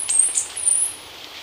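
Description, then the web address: Chestnut-capped Brush Finch: brief, very high, thin drawn-out whistles, two notes in quick succession, then soft background noise. Recorded in Ecuador, South America. "Natures Songs S America Birds of Ecuador Chestnut-capped Brush-Finch"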